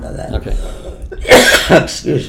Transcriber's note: coughs